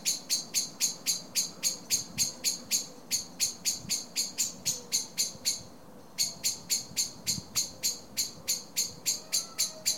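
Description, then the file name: Common blackbird call: quick, metallic chink notes repeated several times a second, with one short break. "Turdus merula"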